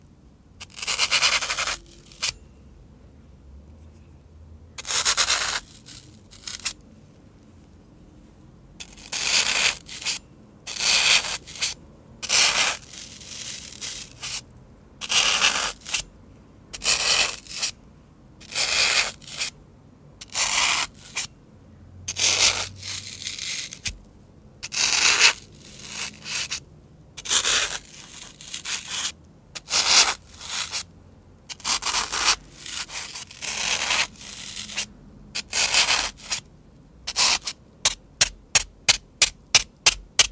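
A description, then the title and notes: Floral foam being crunched and scraped, in short bright gritty bursts separated by brief silences. The bursts come irregularly at first, then speed into a rapid, evenly spaced series of sharp crunches over the last few seconds. ASMR Floral Foam (Crunchy Sounds).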